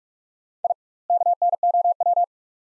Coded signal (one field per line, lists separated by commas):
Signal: Morse code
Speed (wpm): 46 wpm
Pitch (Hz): 700 Hz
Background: none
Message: I KNOW